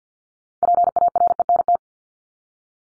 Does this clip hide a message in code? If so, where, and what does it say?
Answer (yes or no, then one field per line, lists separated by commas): yes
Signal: Morse code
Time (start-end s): 0.6-1.8 s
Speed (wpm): 50 wpm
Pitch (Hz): 700 Hz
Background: none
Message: PARENT